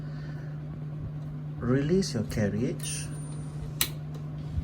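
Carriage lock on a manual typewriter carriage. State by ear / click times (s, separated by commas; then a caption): seated / 3.8 s. Someone talks as the carriage of a 1970s Predom Lucznik manual typewriter, a Facit 1620 copy, is released and slides until the carriage lock engages. A sharp metal latch click sounds at 3.8 s over a steady low hum. The carriage lock clicks shut, leaving the carriage locked so it cannot move.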